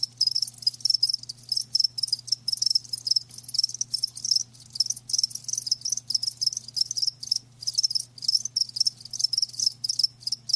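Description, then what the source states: Crickets chirping steadily, high trilled pulses grouped in quick bursts with brief gaps, a dense overlapping chorus and soft low hum. Live crickets chirping, a lulling song.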